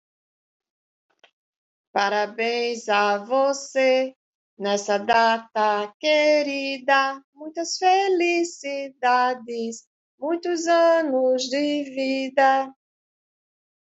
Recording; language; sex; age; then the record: short text; Brazilian Portuguese; female; 50 to 59 years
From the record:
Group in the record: control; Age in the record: 58 years